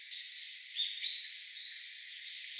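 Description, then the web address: Red-flanked bluetail calls: two short, thin, high notes about one and a half seconds apart, with softer faint notes between them over a steady hiss. Recorded 28 November 2016. "birdenaga ruribitaki C 161128"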